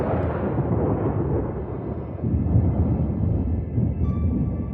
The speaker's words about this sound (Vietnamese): Chân trước vừa bước vào, chân sau vẫn ở ngoài thì đã nghe sau lưng sấm rền vang, mưa đổ ập xuống.